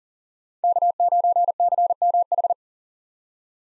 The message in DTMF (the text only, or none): none